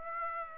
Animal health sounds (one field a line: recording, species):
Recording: mosquito wingbeat signal from an infrared sensor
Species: Aedes aegypti